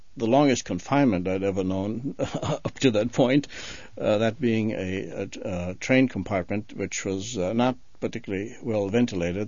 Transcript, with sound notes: the longest confinement I had ever known up to that point. (he laughs) Uh, that being a, uh, train compartment which was, uh, not particularly well ventilated.